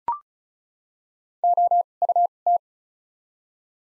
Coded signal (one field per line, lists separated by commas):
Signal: Morse code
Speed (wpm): 36 wpm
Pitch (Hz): 700 Hz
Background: none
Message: O U T